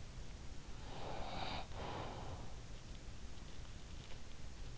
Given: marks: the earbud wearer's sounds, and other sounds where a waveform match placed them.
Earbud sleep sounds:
sounds in sleep by an in-ear microphone; breath
0.20-3.00 s: breath

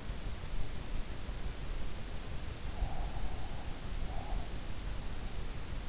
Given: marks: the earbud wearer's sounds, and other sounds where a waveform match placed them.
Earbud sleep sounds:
sounds in sleep by an in-ear microphone; breath
2.73-4.44 s: breath

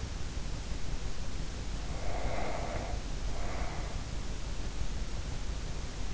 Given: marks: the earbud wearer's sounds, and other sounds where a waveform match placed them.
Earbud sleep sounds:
sounds in sleep by an in-ear microphone; breath
1.52-4.41 s: breath

